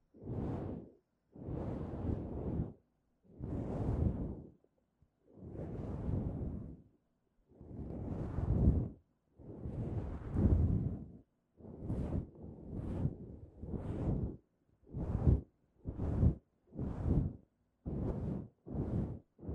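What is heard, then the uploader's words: A fluffy microphone is brushed in repeated soft, low rumbling swishes, slow and long at first, then quicker and shorter after twelve seconds. Fluffy Mic Touching.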